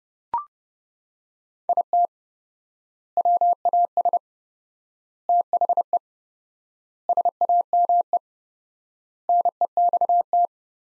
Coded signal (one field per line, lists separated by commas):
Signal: Morse code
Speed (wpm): 32 wpm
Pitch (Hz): 700 Hz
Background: none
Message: IT WAS THE SAME NEXT